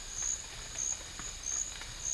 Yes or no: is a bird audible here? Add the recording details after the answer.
no. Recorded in dense forest near Puerto Asís, Putumayo, Colombia, on 21 December 2024 at 12:00. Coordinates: 0.484, -76.325. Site G056